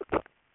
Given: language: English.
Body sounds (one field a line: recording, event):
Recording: throat vibration sensor signal played as sound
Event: swallow